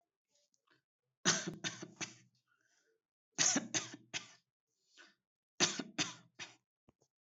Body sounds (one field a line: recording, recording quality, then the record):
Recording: shallow voluntary cough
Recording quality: excellent, no background noise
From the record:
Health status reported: healthy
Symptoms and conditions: breathing difficulty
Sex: male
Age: 25 years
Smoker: yes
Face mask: not worn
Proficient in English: yes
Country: India